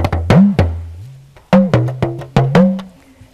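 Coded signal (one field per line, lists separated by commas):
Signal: talking drum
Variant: Yoruba dùndún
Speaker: I'm wondering what you're saying are acaba she died a ludus can you do that again okay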